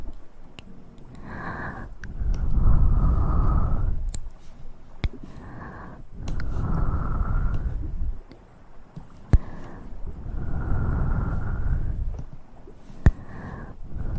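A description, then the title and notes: Mouth sounds come in three long, low, breathy swells, each lasting about two seconds and separated by short quiet gaps, with a faint whistling tone riding on top. Sharp, isolated clicks pop out in between, around the fourth, ninth and thirteenth seconds. ASMR Best Mouth Sounds.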